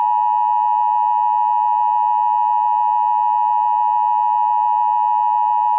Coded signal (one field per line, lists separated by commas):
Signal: Emergency Alert System (SAME) tones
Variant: 853 and 960 Hz attention tone